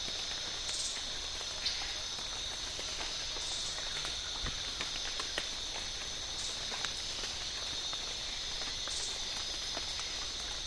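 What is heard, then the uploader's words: A continuous insect chorus fills the Borneo rainforest in a humid afternoon, a steady, dense, high-pitched buzz that never lets up. Brief brighter calls break through every few seconds, and scattered faint clicks and ticks sound beneath the drone. Borneo Rainforest - Humid Afternoon - Hornbill And Barbet. Humid late afternoon at Tawau Hills national park in Borneo. Hornbill and barbet calls punctuate the continuous insect chorus. Recorded with Sony PCM A10 and Lom MikroUsi mics.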